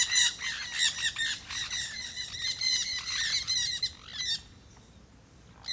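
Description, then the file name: Jandaya parakeets chatter in loud, grating screeches, overlapping calls tumbling together for about four seconds before it turns near quiet. Flock of jandaya parakeets feeding on guava at Terra Ronca, Brazil; AB recording. "Revoada de jandaias verdadeiras que estavam comendo goiaba em terra ronca, passaros, moscas, cigarras"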